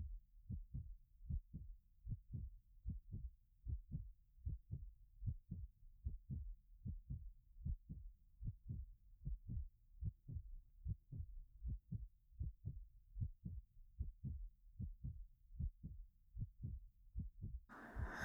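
Soft, deep paired thumps repeat steadily at about 76 beats a minute, with a quiet gap between each lub-dub: a gentle "tokun-tokun". An ordinary adult heartbeat heard close to the chest, used as a calming sound.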